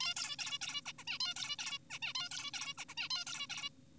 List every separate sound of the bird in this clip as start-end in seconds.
0.00-0.14, 0.16-0.36, 0.39-0.58, 0.62-0.81, 0.86-0.93, 0.99-1.04, 1.08-1.18, 1.20-1.34, 1.36-1.56, 1.59-1.78, 1.90-1.99, 2.02-2.13, 2.15-2.29, 2.31-2.51, 2.54-2.74, 2.78-2.85, 2.89-2.94, 2.97-3.09, 3.10-3.24, 3.27-3.47, 3.50-3.70